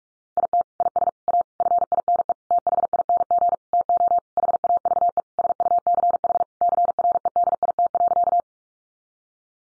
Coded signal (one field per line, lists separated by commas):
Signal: Morse code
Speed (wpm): 44 wpm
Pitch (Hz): 700 Hz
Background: none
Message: IT IS A FINE THING TO HAVE SUCH CREDIT.